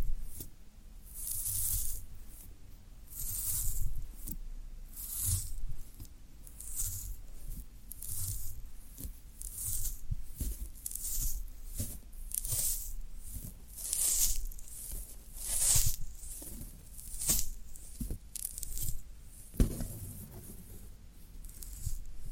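Floral foam being pressed and broken, with repeated bursts of crisp, hissing crackle that come every second or so. Each burst rises and fades, bright and airy up high with soft low thumps beneath, and a sharper knock near twenty seconds.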